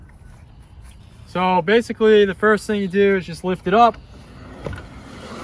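Someone talks while the soft top roof frame on a Jeep is lifted up toward its raised position, where its metal frame latch locks it in place. A couple of brief faint ticks follow around 4.7 seconds over quiet background noise. The clip ends before the frame goes home, so nothing has locked or clicked into place yet.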